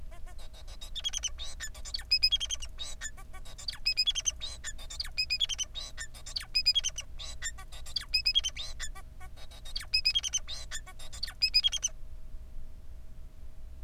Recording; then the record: song of a male Bengalese finch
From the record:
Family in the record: son of father 4